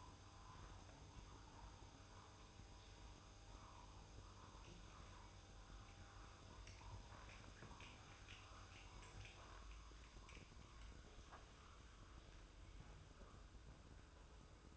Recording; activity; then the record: daily activity, microphone in the room; make coffee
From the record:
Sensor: 2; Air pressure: 994.8 hPa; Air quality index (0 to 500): 55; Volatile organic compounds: 1 ppm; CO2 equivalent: 902 ppm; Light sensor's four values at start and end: 15/50/19/18 and 16/52/20/20